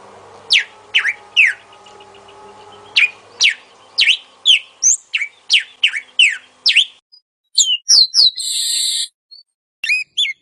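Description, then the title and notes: Oriental magpie-robin song: a steady series of sharp downslurred notes over low background hum, followed by a burst of buzzy and whistled notes. Long-duration kacer song used to train cage birds. "Master Kacer Durasi Panjang. Suara Masteran Burung Kacer Durasi Panjang"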